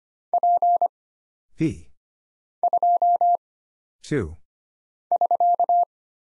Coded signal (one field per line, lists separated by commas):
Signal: Morse code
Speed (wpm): 25 wpm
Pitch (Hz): 700 Hz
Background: none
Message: P 2 <SK>